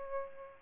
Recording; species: mosquito wingbeat signal from an infrared sensor; Aedes albopictus